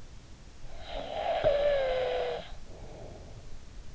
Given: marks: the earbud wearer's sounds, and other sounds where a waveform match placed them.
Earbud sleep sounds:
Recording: sounds in sleep by an in-ear microphone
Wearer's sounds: snoring breath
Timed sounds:
0.42-3.74 s: snoring breath

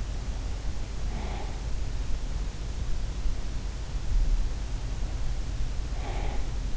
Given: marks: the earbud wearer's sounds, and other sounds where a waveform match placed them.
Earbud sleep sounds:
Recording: sounds in sleep by an in-ear microphone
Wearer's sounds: breath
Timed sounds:
1.02-1.58 s: breath
5.99-6.53 s: breath

